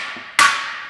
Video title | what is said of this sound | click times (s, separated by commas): THE HIGHLY CUSTOMIZABLE POLARIS XPEDITION - SHOP TALK EP. 22 - Polaris Off Road Vehicles | two clicks and you're done | 0.4 s